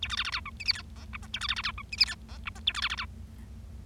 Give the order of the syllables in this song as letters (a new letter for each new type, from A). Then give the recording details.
A B C C D E F G H I J K A B C C D E F G H I J K A B C C D. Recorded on 25 March 2012 at 20:14. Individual gy6or6